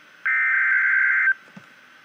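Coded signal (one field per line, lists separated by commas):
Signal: Emergency Alert System (SAME) tones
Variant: header bursts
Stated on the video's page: Real EAS Severe Thunderstorm Warning.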